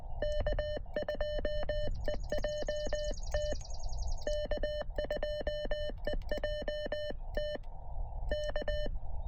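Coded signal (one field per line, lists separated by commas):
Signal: Morse code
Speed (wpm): 19 wpm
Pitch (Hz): 600 Hz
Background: none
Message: K2EJT K2EJT K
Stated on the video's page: Morse heard during a combined park and summit activation on foot; very weak signals masked by noise from nearby brush-clearing machinery.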